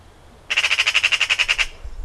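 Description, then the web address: Eurasian Magpie giving a single short harsh rattle of about a dozen fast, grating notes lasting just over a second. "Ocells Cultura Urraca común"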